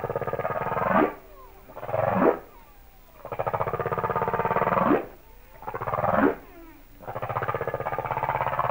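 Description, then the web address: Humpback whale song: loud buzzy, pulsed groans, several ending in sharp rising sweeps, repeating in a rough rhythm. "Natures Songs Whale Songs Sounds of Nature - Humpback Whales"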